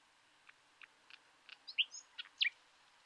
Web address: SETE data Luscinia megarhynchos